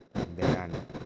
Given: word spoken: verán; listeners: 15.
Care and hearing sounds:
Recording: one Spanish word in noise, from a listening test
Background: noise modulated by one talker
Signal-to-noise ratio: -7.5 dB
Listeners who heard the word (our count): 1 of 15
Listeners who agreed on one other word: 8 of 15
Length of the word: 0.66 s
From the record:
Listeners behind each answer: 8, 6, 1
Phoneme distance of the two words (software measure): 7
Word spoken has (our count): 2 syllables, 5 phonemes, stress on syllable 2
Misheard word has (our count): 3 syllables, 6 phonemes, stress on syllable 2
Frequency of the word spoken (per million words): 9.80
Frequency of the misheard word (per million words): 84.53

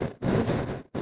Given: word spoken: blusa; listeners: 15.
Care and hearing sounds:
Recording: one Spanish word in noise, from a listening test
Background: noise modulated by one talker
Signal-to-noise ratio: -7.5 dB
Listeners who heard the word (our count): 0 of 15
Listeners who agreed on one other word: 6 of 15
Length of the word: 0.63 s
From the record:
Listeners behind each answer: 6, 2, 2, 1, 1, 1, 1, 1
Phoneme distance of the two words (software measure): 14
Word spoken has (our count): 2 syllables, 5 phonemes, stress on syllable 1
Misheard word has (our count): 2 syllables, 5 phonemes, stress on syllable 1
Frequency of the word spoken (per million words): 6.50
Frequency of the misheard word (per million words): 100.15

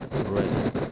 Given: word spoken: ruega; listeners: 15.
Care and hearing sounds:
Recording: one Spanish word in noise, from a listening test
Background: noise modulated by three-talker babble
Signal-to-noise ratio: -5.5 dB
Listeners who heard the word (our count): 0 of 15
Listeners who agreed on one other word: 6 of 15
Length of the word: 0.52 s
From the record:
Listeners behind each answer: 6, 2, 2, 2, 1, 1, 1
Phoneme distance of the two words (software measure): 10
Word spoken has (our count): 2 syllables, 5 phonemes, stress on syllable 1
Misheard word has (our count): 2 syllables, 5 phonemes, stress on syllable 1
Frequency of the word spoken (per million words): 2.24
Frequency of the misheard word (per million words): 36.72

